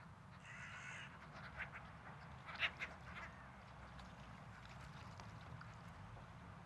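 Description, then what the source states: Gull calling with a harsh, drawn-out squeal, followed by a few short notes over a steady low rumble. At a waterfront on a Saturday.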